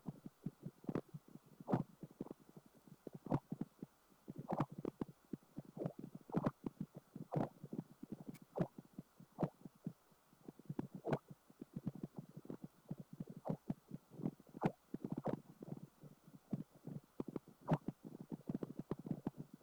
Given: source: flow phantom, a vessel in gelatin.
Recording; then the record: Doppler ultrasound of air bubbles in flowing water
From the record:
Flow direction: perpendicular to the transducer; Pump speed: changing at random every second, 150 to 250 rpm (540 to 900 mL/min); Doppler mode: pulsed wave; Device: 7 MHz transducer